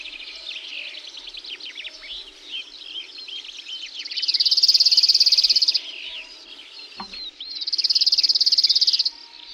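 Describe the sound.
Cirl bunting delivering two loud, even-pitched buzzy trills a few seconds apart, over a chorus of assorted chirps and whistles from other birds.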